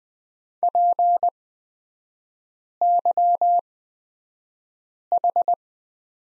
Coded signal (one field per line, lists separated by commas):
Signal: Morse code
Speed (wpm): 20 wpm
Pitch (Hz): 700 Hz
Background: none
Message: PYH